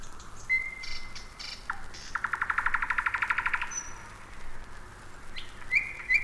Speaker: Послушайте ночное пение соловья на берегу Москвы-реки, недалеко от Звенигорода.